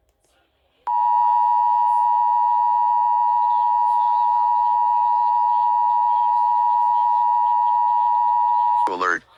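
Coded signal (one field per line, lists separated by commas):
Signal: Emergency Alert System (SAME) tones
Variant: 853 and 960 Hz attention tone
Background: speech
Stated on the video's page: Blue Alert EAS alert.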